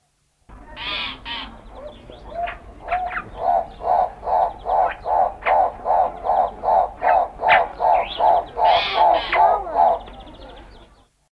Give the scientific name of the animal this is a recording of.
Tauraco corythaix